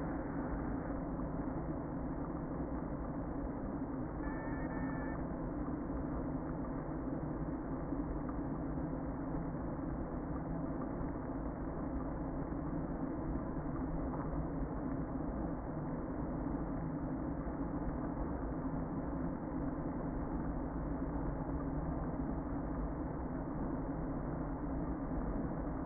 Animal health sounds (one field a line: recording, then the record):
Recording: honeybee colony, microphone inside the hive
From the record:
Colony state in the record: queen present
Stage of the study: before two queens were removed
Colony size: about 60,000 bees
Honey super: yes